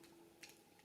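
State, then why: Seated. Layers of a plastic spinning top, the energy disc and performance tip, are fitted together and twisted until they lock. A small, sharp click at 0.4 s shows the parts have seated, with faint handling ticks before and after.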